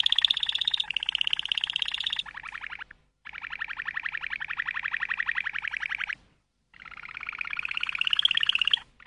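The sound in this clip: Canary song in rapid buzzy rolling trills, sustained for a few seconds each, broken by abrupt short silences between phrases.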